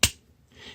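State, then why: Seated. With the other parts lined up, the plastic car-body panels of a Transformers Studio Series 10 Jazz toy robot are pushed together and snap into place with one sharp click at 0.0 seconds. A faint, soft rustle follows from about 0.5 seconds to the end. The panels are seated.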